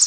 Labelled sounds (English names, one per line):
Pine Warbler flight call